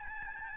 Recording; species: mosquito wingbeat signal from an infrared sensor; Aedes albopictus